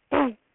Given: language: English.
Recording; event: throat vibration sensor signal played as sound; throat clearing